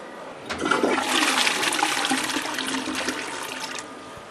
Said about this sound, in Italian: Questo rumore dello sciacquone al quale noi siamo così tanto abituati sullo shuttle sarebbe una tragedia, perché una delle cose fondamentali per il funzionamento dello sciacquone e la forza di gravità.